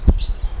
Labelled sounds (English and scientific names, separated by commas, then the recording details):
Stitchbird (Notiomystis cincta) song
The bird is a male
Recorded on Tiritiri Matangi Island, New Zealand, in 2005
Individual 12, of nest box 16